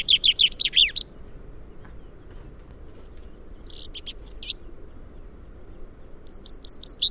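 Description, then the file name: Common chaffinch song: a fast falling trill at the opening, a short broken fragment midway, then another phrase beginning at the end, with a constant high whistle-like tone between. "Fringilla coelebs"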